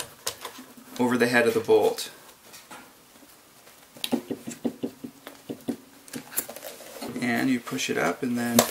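Someone uses a long-shafted tool to push the rubber boot material up over the head of a long track bolt on a klap skate boot, aiming to pop the bolt head into its recess. Brief taps and handling knocks are heard as someone talks. Nothing has seated or clicked yet; the bolt head is not in its recess.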